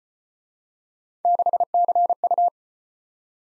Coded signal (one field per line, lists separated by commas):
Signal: Morse code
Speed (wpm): 34 wpm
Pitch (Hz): 700 Hz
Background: none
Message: 6CU